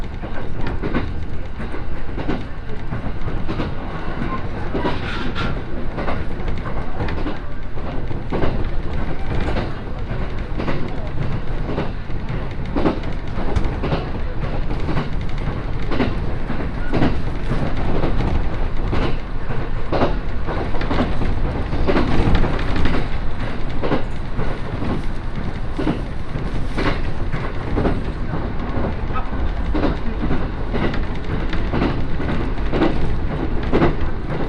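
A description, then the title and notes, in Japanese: A train ride on the Echigo Tokimeki Railway, with a steady, heavy rumble of the running train filling the whole stretch. Frequent sharp clicks and knocks from the wheels and rails break through at irregular intervals, and the loudness stays level throughout. 耳で楽しむ鉄道旅 えちごトキめき鉄道 高田→直江津→糸魚川。ディーゼルカー1両で足りてしまいます。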